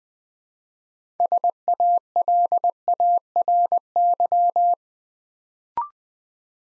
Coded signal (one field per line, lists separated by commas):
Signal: Morse code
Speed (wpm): 20 wpm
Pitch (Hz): 700 Hz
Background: none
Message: SALARY